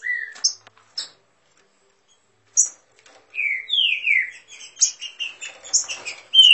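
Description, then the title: Green-winged saltator song: loud whistled slurs, several sliding downward, given after short pauses and then in a faster run of clear notes. Warming up its song; song style referred to as voice 09. "Canto De Trinca Ferro Voz 09. Trinca Ferro esquentando!"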